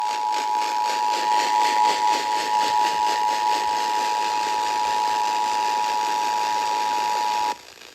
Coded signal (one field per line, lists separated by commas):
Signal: Emergency Alert System (SAME) tones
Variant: 853 and 960 Hz attention tone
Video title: (EAS #1415) Severe Thunderstorm Warning WRBK 90.3 FM 8/1/26